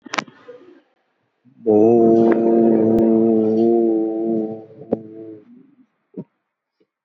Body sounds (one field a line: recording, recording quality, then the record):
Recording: sustained vowel as in boot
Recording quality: excellent, no background noise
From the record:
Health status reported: COVID-19 positive, mild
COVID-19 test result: positive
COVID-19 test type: RT-PCR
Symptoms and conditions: cough, fever, muscle pain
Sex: male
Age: 83 years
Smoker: no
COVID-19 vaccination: both doses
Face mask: not worn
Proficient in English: yes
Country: India